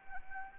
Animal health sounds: mosquito wingbeat signal from an infrared sensor; Anopheles arabiensis

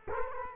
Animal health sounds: mosquito wingbeat signal from an infrared sensor; Culex quinquefasciatus

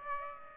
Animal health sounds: mosquito wingbeat signal from an infrared sensor; Aedes aegypti

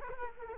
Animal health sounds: mosquito wingbeat signal from an infrared sensor; Culex quinquefasciatus

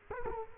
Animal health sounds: mosquito wingbeat signal from an infrared sensor; Culex quinquefasciatus

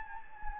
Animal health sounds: mosquito wingbeat signal from an infrared sensor; Anopheles gambiae

